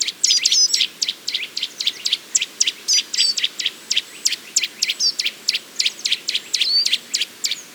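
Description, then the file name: Eurasian nuthatch giving loud, sharp, clipped notes in a rapid, steady series lasting the whole stretch. "Sitta europaea"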